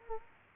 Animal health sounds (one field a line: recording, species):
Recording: mosquito wingbeat signal from an infrared sensor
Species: Culex quinquefasciatus